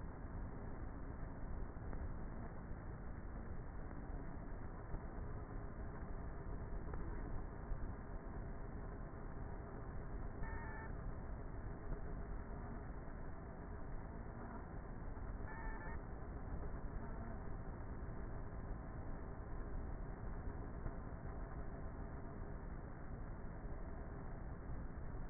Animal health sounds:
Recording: honeybee colony, microphone inside the hive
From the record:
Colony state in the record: queenless with a low population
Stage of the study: before two queens were removed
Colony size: about 30,000 bees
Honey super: no

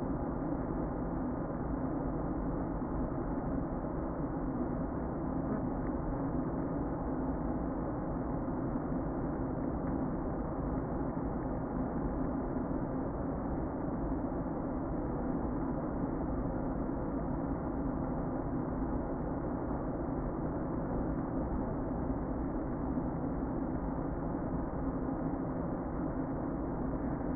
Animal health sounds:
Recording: honeybee colony, microphone inside the hive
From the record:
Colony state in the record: queen present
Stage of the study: before two queens were removed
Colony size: about 60,000 bees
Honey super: yes

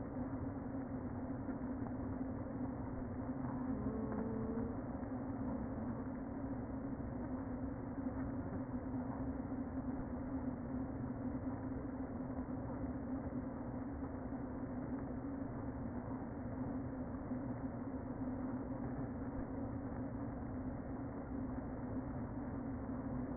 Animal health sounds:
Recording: honeybee colony, microphone inside the hive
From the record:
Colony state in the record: queen present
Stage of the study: before two queens were removed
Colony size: about 60,000 bees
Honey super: yes

